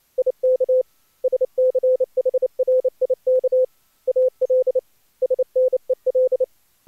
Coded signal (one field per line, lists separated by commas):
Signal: Morse code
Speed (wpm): 17 wpm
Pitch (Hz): 510 Hz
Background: none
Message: IK SCHRIK AL SNEL